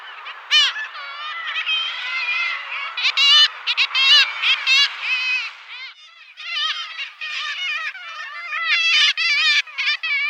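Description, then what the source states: Black-legged kittiwakes calling, many nasal, wailing calls overlapping in a dense chorus, with a brief dip in loudness around six seconds before the clamour resumes. Call described as wild, to go with their wild, deep-ocean nature; the birds say their own name in three distinct syllables.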